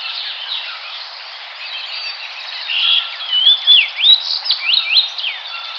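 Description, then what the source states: Fox sparrow song: after a quiet start, a burst of clear slurred whistles sweeping up and down in the second half, with rich varied notes. Recorded 4 January 2007.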